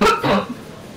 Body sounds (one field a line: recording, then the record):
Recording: coughing mixed with background sound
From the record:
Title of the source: Barking cough - # 10